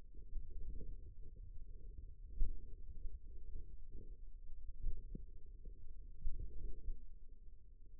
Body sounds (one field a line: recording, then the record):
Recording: forearm muscle sounds (acoustic myography)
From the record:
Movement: finger pinch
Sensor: system 2, bracelet of six BSWA MPA416 microphones around the upper forearm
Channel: 3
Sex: male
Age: 22 years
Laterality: right